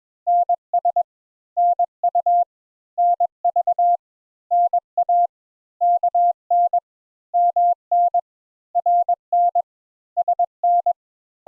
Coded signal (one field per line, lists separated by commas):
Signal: Morse code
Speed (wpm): 22 wpm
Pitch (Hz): 700 Hz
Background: none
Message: NS NU NV NA KN MN RN SN